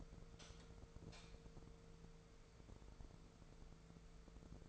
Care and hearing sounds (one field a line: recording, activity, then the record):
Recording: daily activity, microphone in the room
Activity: light on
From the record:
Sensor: 5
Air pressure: 1014.7 hPa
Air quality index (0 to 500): 154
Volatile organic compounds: 4 ppm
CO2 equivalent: 1698 ppm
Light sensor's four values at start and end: 99/237/98/105 and 88/215/88/93